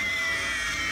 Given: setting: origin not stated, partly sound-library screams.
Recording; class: one-second piece from a danger detection set; woman in danger